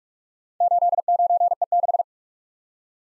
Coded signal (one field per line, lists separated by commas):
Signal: Morse code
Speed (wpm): 44 wpm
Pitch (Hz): 700 Hz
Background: none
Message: 89E6